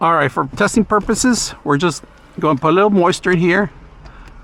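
Someone talks while handling a dash cam suction cup mount that is about to be pressed to a car windshield under the rear-view mirror, with its lock lever to be flipped. Only speech is heard over a faint low background, which goes quiet near the end. Nothing has seated or clicked yet.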